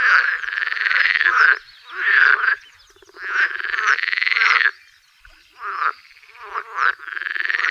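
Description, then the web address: Edible frog croaking, long pulsed rattling bursts separated by brief quiet gaps, then shorter croaks toward the end. "Tajemnice puszczy Zaba wodna"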